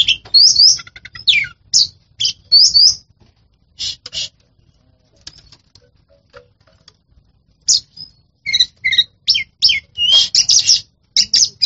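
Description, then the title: Oriental magpie-robin song in bursts of sharp whistled and rasping notes, a quiet pause in the middle, then rapid chattering phrases resuming toward the end. Champion songbird. "Kicau Burung Kacer Juara"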